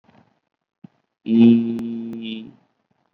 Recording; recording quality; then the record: sustained vowel as in beet; excellent, no background noise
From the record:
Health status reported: COVID-19 positive, mild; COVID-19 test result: positive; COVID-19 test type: RT-PCR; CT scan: not taken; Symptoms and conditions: cough, cold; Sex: male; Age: 22 years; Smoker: no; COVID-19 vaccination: one dose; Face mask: worn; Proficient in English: yes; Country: India